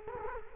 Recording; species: mosquito wingbeat signal from an infrared sensor; Culex quinquefasciatus